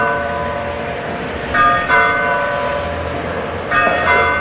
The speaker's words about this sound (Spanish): Al mismo tiempo, en la villa se escuchan las campanas de alarma que anuncian la llegada de los franceses.